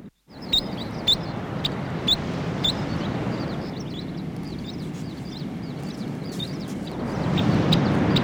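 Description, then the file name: New Zealand dotterel giving high, sharp chip notes about twice a second, then fainter calls over steady roaring wind or surf that grows louder near the end. "nz dotterel song"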